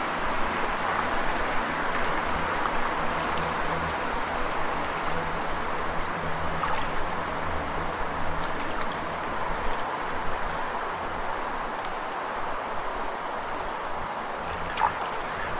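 A steady wash of water and wind fills the scene evenly, with a low hum underneath and faint brief chirps flickering through now and then.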